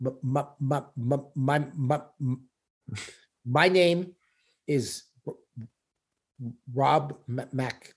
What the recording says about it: Public speaking when I was in elementary school because I used to stutter. Slow and like not good. For me, it's tied to confidence.